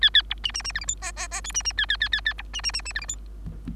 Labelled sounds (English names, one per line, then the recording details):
Bengalese Finch song
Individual Bird3